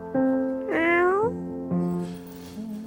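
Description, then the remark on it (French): A cat meows in a drawn-out series: a steady tone slides into a loud, rising, whining call, then trails off into lower, longer mews, with no talking. “Je me conduis comme avant. Comme un vrai chat.”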